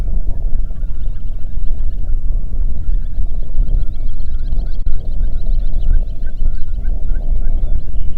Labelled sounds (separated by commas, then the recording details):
songbird, wind
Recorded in the Prudhoe Bay oil fields, Alaska, on 8 June 2019 at 04:18
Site 30